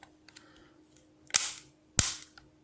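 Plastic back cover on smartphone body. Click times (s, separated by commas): 1.4 s, 2.0 s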